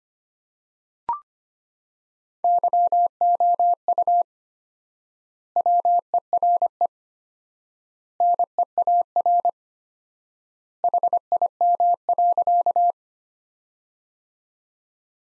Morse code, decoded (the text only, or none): YOU WERE NEAR HIM.